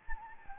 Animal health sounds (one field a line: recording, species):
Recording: mosquito wingbeat signal from an infrared sensor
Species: Anopheles gambiae